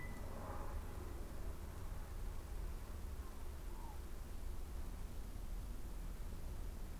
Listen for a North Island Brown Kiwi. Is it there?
no